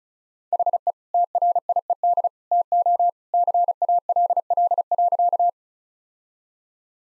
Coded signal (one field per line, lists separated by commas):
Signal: Morse code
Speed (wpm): 36 wpm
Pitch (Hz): 700 Hz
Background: none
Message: HE TRIED TO CALL.